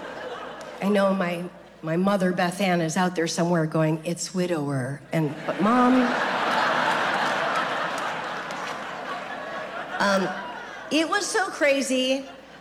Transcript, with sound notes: I know my mother, Beth Ann, is out there somewhere going, it's widower. And - but, Mom...
(LAUGHTER)
It was so crazy.